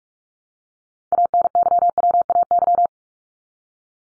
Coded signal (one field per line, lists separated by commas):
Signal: Morse code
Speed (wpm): 44 wpm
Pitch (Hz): 700 Hz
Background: none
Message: ANYWAY